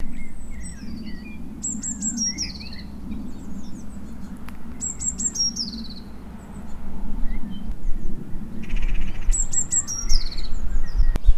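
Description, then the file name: Eurasian blue tit calls: thin high notes followed by descending notes in short bursts, repeated a few times over a steady low rumble of background noise. "Cyanistes caeruleus"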